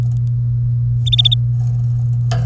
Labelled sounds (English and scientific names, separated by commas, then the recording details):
Domestic Canary (Serinus canaria) song
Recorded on 30 April 2018 at 12:50
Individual llb3